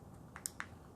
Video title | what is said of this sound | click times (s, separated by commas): Updated my 15yr old Mercedes Key fob and it didn't cost me $380 to do it! | locked you hear that click and let's | 0.5 s